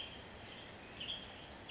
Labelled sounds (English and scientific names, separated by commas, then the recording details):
Western Tanager (Piranga ludoviciana)
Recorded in Sonoma County, California